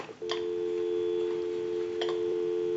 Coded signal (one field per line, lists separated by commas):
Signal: telephone call progress tone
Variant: North America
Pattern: dial tone